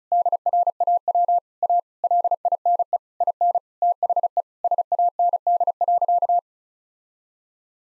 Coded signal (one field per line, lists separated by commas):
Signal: Morse code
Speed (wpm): 36 wpm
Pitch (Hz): 700 Hz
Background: none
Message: DRAW A LINE IN THE SAND.